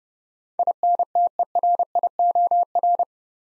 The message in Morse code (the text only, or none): INTERIOR